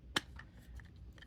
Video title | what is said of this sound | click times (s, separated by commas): This Deceptive Barrel Coopers Puzzle Box Has a SECOND Secret | But we can't do the same thing with the other side just yet. And it does snap into place here. | 0.2 s